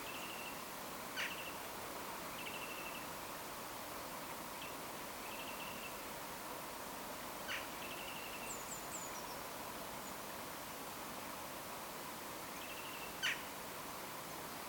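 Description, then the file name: Eurasian wren giving short churring buzzy notes at intervals, with a high descending triple note midway and occasional sharp clicks over background hiss. "Troglodytes troglodytes"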